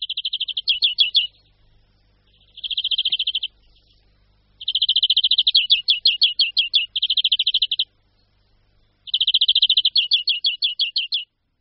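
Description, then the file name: European greenfinch song of rapid twittering trills, some run together into longer phrases of rattles and chirped notes. "Zvonek-zelený"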